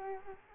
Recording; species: mosquito wingbeat signal from an infrared sensor; Culex quinquefasciatus